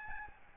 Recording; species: mosquito wingbeat signal from an infrared sensor; Aedes albopictus